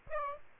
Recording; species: mosquito wingbeat signal from an infrared sensor; Aedes aegypti